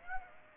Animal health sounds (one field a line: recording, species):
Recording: mosquito wingbeat signal from an infrared sensor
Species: Aedes aegypti